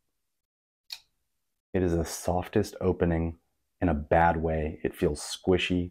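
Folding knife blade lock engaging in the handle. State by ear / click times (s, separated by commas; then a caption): seated / 0.9 s. A folding pocket knife is opened, and its blade lock engages in the handle with a single short click at 0.9 s. Someone then talks, describing the opening as soft and squishy in a bad way.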